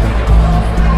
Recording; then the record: background sound without coughing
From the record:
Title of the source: Party Noise 1 Hour Party Ambience